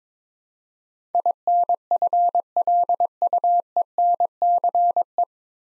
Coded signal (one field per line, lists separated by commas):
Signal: Morse code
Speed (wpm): 22 wpm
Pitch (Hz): 700 Hz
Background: none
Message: INFLUENCE